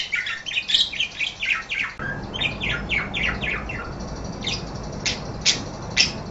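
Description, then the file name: Parakeet giving quick scratchy chirps in a busy burst, then a few sharper, spaced squeaks near the end. "suara burung parkit. omkicau"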